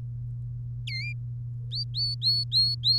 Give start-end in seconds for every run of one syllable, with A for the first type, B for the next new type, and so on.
0.87-1.12 A, 1.72-2.98 B